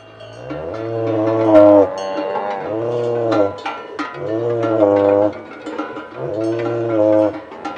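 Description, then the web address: Kouprey lowing in a series of about four drawn-out moos, each rising then falling, with soft clicks and knocks between calls. "Kouprey. صدای-گاو-کامبوجی"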